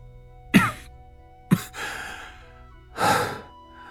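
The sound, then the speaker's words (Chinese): Three low, husky coughs from a badly wounded man, spaced about a second apart. Each is a short rough burst, and the later ones trail into a strained breathy exhale. No one speaks. “宋简伤得很重，一味低低的咳嗽，良久他勉强地笑了笑。”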